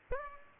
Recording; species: mosquito wingbeat signal from an infrared sensor; Aedes aegypti